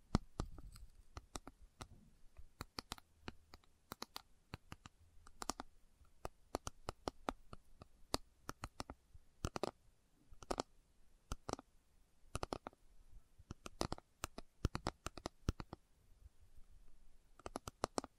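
Slow tapping: sharp, crisp taps land one by one at an uneven, unhurried pace, sometimes in quick pairs or small clusters. Each tap is short and bright with a clicky edge, and faint low rustling and quiet hiss fill the gaps between them.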